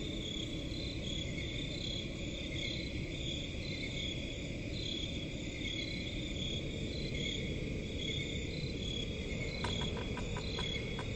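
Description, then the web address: Crickets chirping in a steady layered chorus at several high pitches, pulsing continuously, over a constant low rumbling background; brief rapid ticking near the end. Crickets in a forest at night. "Forest and crickets at night. صدای-آرامبخش-جنگل-و-جیرجیرک"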